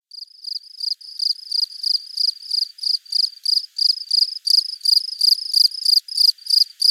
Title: Sylvain Jaskowiak - Animus. Grillons domestiques - Buoux, Vaucluse - mai 2001